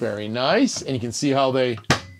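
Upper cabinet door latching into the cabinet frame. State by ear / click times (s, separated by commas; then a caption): not seated / none. Someone talks while handling the curved Bianca White Fenix upper cabinet doors, with European hidden hinges and soft close, in a 2024 Unity Corner Bed motorhome; the doors are meant to latch into the cabinet frame. A brief sharp sound is heard near 1.9 s, but the clip ends before the door goes home, and nothing has latched into place yet.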